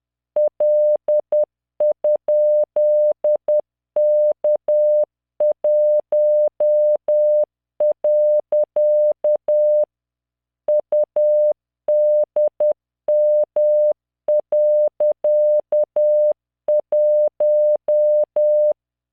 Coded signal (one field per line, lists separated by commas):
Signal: Morse code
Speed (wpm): 10 wpm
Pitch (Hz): 600 Hz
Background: none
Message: L?K1. UDM.1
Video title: tamanのモールス練習動画93（モールス信号 速度10WPM morse code)